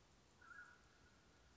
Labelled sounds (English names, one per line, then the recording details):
Mountain Quail
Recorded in Sonoma County, California